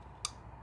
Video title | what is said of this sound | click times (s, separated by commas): Ignition Coil Pack Replacement 08 Chrysler Town and Country 3.8L | You want to hear an audible click whenever it's seated all the way | 0.2 s